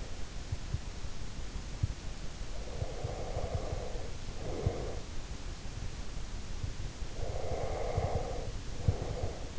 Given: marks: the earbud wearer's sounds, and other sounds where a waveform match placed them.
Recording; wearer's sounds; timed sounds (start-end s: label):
sounds in sleep by an in-ear microphone; breath
2.44-5.15 s: breath
7.11-9.59 s: breath